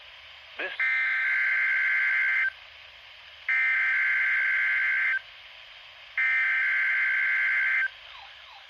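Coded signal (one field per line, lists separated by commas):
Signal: Emergency Alert System (SAME) tones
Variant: header bursts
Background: speech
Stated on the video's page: Required Weekly Test from NOAA weather radio station KXI98, received on an HH54VP radio.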